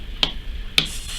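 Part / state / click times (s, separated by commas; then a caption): removable bookmark into planner front cover / seated / 0.2 s, 0.8 s. A removable bookmark is pressed into the front cover of a personal planner. Two sharp, bright clicks ring out at 0.2 and 0.8 seconds over a quiet background. The bookmark snaps in and is seated.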